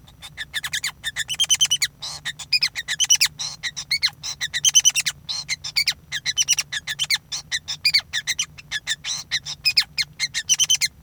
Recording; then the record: song of a male Bengalese finch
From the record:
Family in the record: son of father 5